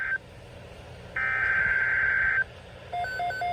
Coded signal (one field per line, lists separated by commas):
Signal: Emergency Alert System (SAME) tones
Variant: header bursts